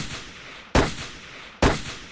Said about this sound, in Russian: Прыгнув за дерево, Трофим скинул бердану и три раза выстрелил.